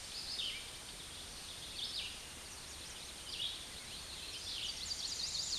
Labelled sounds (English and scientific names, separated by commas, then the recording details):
Red-eyed Vireo (Vireo olivaceus) song
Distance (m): 40 m
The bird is about 25 m above the microphone
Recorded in a Pennsylvania forest on 16 May 2024 at 09:26
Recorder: AudioMoth, point MSD-2453
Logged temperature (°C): 16.3 °C
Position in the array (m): 197 m, 191 m